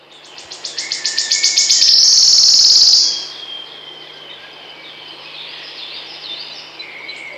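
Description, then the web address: Wood warbler trill song: ticking notes accelerating into a loud, sibilant, shivering trill lasting about a second, then quiet background with faint bird calls. "Przyroda Ptaki Świstunka leśna"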